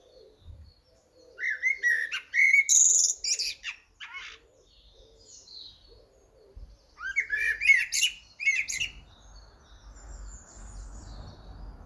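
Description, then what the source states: Eurasian blackbird delivering fluty whistled phrases followed by thin high twittering, repeated twice, with a low rumbling noise toward the end. Recorded in Cambridgeshire.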